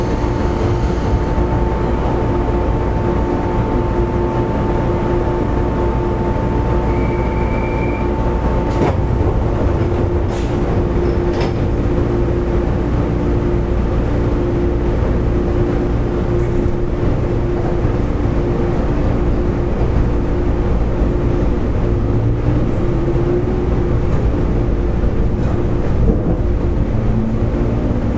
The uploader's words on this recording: JR西日本 103系電車の走行音です。 阪和線の普通列車で録音しました。 区間は、鶴ヶ丘から堺市までです。 Running sound of JR WEST 103 series train. A local train on the Hanwa Line.